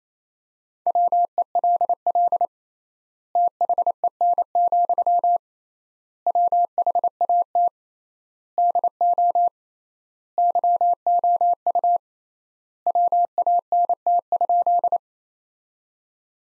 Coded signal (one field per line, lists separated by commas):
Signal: Morse code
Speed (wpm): 28 wpm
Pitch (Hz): 700 Hz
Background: none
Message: WELL THEN, WHAT DO YOU WANT?